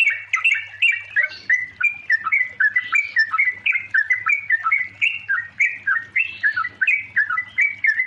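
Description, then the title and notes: Yellow-vented bulbul giving quick, rolling chatter, bubbly notes strung tightly together for the whole stretch, with a quiet low hum behind. Long chattering song style (ropel panjang) used as a master recording for training songbirds. "Masteran Trucukan Ropel Panjang. Kicau Burung Trucukan"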